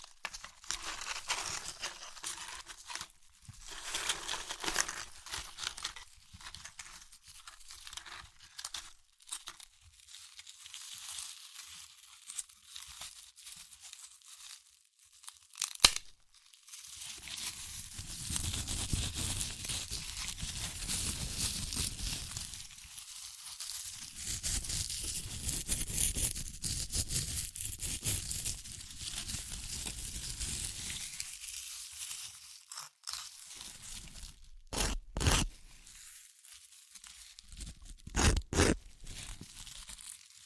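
Chips are crushed and eaten, with a steady stream of crackly, crinkling crunches through most of the forty seconds. The crunching thickens and deepens from about 17 to 32 seconds, with brief pauses around 16 and 23 seconds. Sharp, isolated snaps stand out near 35 and 38 seconds.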